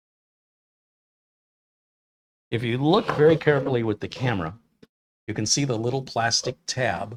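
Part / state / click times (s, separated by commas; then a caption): plastic alignment tab of a panel into its hole in a mini PC case / not seated / none. Someone talks while pressing a panel or drive tray down inside an AOOSTAR mini PC with an AMD Ryzen 5 5500U (6C/12T, up to 4.0 GHz), which also works as a NAS and router. The first 2.5 seconds are silent, then only talking is heard. The panel won't go down because a small plastic alignment tab isn't sitting in its hole, so nothing has seated or clicked yet.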